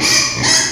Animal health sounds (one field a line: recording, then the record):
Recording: squeal of a Yucatan mini pig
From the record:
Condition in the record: before surgery on the right vocal fold (resection and tissue-engineered implant)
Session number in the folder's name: 2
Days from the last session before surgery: 0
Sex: male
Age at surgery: 12 weeks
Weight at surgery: 13 kg